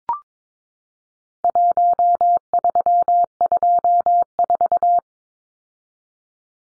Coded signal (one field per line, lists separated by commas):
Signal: Morse code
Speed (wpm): 22 wpm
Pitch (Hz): 700 Hz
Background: none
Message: 1324